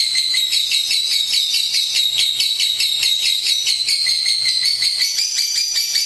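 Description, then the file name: Lovebird song, rapid pulsing high chatter with a piercing whistled tone running through, plus a faint low hum in the background. "lovebird omkicau"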